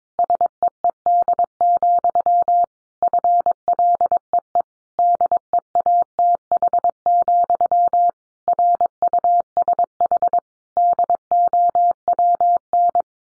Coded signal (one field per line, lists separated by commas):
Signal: Morse code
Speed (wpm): 22 wpm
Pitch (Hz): 700 Hz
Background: none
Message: SEED, FLEE DEATH, RUSH DOWN